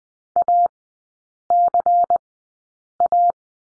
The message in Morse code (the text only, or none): ACA